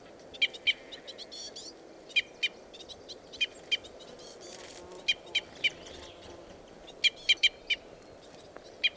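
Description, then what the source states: Red crossbill calls: short, sharp chip notes given singly and in quick pairs or triplets at irregular intervals, over a steady low background hum. Red crossbill call type E.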